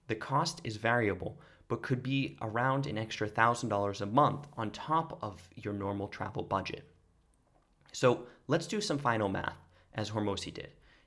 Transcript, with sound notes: The cost is variable but could be around an extra $1,000 a month on top of your normal travel budget. *(Pause for effect)* So, let’s do the final math, as Hormozi did.